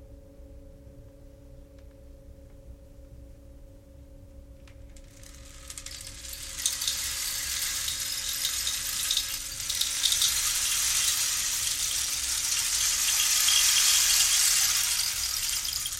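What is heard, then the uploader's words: A Tibetan singing bowl hums steadily through the whole clip on two sustained, even tones. From about five seconds a rain stick's bright, dense trickle rises in, growing louder and fuller, peaking around fourteen seconds before easing slightly. Sound therapist Natalie Grace settles you into a deeply relaxing sound bath meditation using Tibetan singing bowls and rain sticks.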